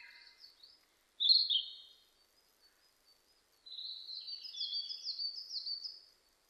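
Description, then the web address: Narcissus flycatcher singing, a brief loud whistled phrase followed after a pause by a run of rapid repeated high chirps. Recorded 25 April 2006. "2006 060425 kibitaki"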